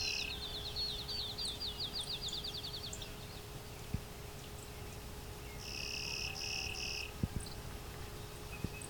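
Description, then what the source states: Clay-colored Sparrow song: three quick flat buzzes in a row after a fast trill, with a constant low hum underneath. Late June morning along a hydro corridor near Westover, Ontario; open thicket mixing field and shrubs; a western bird spreading east, close relative of field sparrow, rarely cross-breeding.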